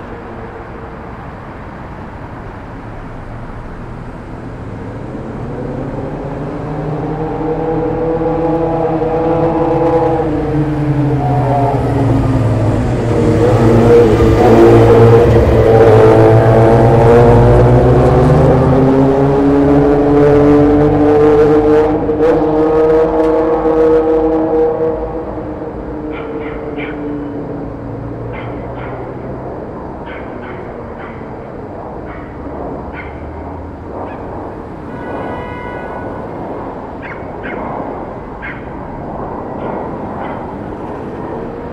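Street sound from a rooftop at Starr Street and Irving Avenue in Brooklyn. A heavy engine rumbles in, its whining tone swelling loudest around the middle before bending down and fading. A quieter steady hum follows, with scattered light clicks and taps.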